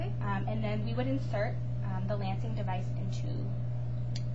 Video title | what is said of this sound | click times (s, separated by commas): IAPP skit | like that, until it clicks. | 4.2 s